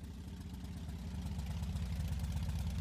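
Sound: motorcycle engine idling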